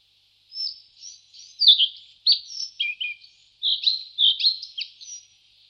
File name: lejsek-bělokrký